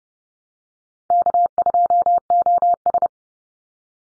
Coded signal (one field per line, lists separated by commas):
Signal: Morse code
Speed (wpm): 30 wpm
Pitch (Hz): 700 Hz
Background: none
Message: K2OS